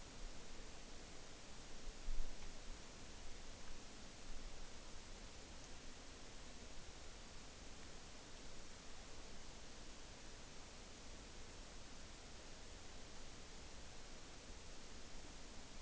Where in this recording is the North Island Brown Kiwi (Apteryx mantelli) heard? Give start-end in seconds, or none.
none